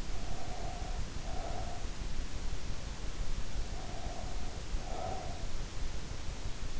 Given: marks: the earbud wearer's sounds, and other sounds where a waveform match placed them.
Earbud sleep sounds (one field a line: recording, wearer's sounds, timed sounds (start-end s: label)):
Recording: sounds in sleep by an in-ear microphone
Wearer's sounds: breath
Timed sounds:
0.01-2.02 s: breath
3.53-5.55 s: breath